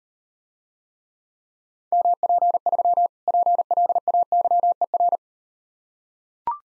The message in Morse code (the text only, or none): MP3 PLAYER